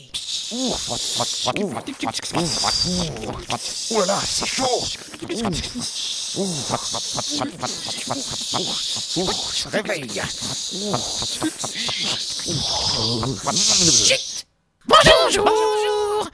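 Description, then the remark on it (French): On a morning radio show, voices imitate a running shower to wake listeners, with a steady, loud hissing 'shhh' that runs almost nonstop under voiced vocal sounds, breaking briefly near the end before a final burst. “Et pour te réveiller, on imite le bruit de la douche.”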